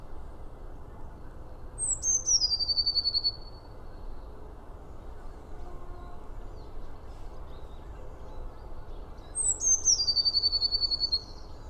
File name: Cyanistes caeruleus